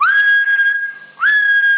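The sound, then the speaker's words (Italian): Two steady, high-pitched whistles transmitted over FM radio, each swooping up briefly before holding a flat tone. The first lasts under a second and fades, and the second starts after a short gap and continues loudly. “Non c'è bisogno di fischi in FM”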